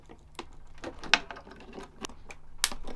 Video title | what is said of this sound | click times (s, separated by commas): Intel i3 12100f & RTX 3050 $750 Gaming PC Build w/ Benchmarks | there we go before so once we hear all the clicks then it's in | 1.1 s, 2.6 s